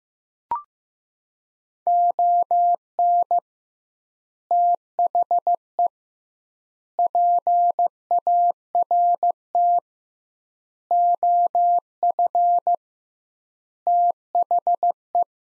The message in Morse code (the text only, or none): ON THE PART OF THE